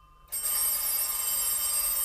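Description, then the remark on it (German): A telephone in a house starts ringing abruptly after a short quiet moment, a loud, continuous bright metallic jangle with steady high-pitched tones that keeps going without pause. “Los, du hebst ab, Rotkopf, aber erst, wenn ich es dir sage.”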